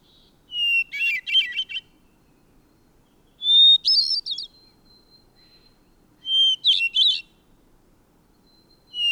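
Bird singing three full phrases and the start of a fourth, each a high whistle followed by quick trilled, chattering notes, about three seconds apart.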